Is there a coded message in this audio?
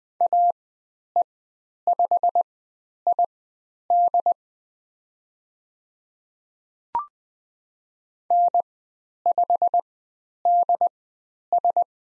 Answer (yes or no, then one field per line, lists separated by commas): yes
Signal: Morse code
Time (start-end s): 0.2-11.8 s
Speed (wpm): 20 wpm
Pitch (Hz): 700 Hz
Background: none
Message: AE5ID N5DS